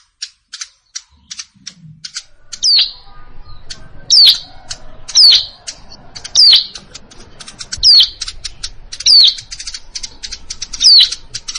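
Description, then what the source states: Plain prinia calling: a few sharp ticks, then a bright, sharply descending note repeated roughly every one and a half seconds over a soft background hiss. Recorded in a rice field (sawah).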